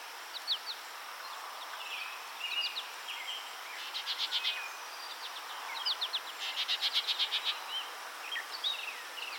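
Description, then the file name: Bell's vireo singing: short husky chirps and warbles, then fast stuttering chatter phrases, the loudest a rapid rattling run, with soft hiss throughout. "Vireo bellii - Bell's Vireo"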